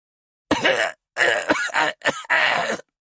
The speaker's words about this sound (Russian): Кашель схватил горло старика, заставив прекратить наблюдение. С ужасом он увидел, что выблевал кровь на асфальт.